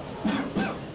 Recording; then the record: coughing mixed with background sound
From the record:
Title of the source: Spring Cold Coughing.